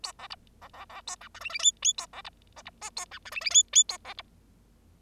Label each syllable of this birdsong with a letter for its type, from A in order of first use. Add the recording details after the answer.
A B C B B B A D E F F G G A B C H C H A D E F F G G A B C. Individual Bird0